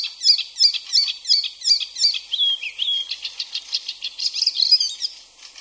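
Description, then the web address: Icterine warbler song opening with a quick series of repeated slurred whistles, then a drawn-out whistle and harsh chattering notes. "ljud Hippolais icterina"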